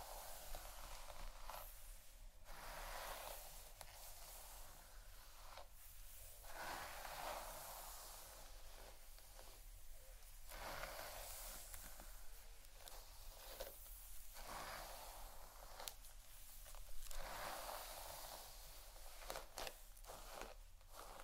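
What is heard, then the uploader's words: Hair brushing and head massage: dense, scratchy bristle strokes sweep through hair in an irregular rhythm, each pass a soft rasp with brief pauses between. A steady low hum sits underneath throughout, and the strokes grow a little louder near the seventeen-second mark. ASMR Real Hair Brushing & Head Massage （No Talking）.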